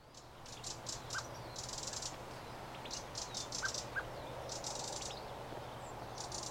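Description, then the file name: Eurasian wren calls: short, dry, buzzy high bursts, some in quick clusters, repeated irregularly over a steady low background hum. "Troglodytes troglodytes"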